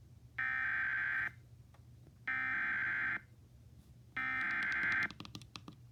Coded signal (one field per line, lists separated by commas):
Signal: Emergency Alert System (SAME) tones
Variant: header bursts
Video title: Severe Thunderstorm Warning On WCHS-AM 6/17/22 (EAS #1293)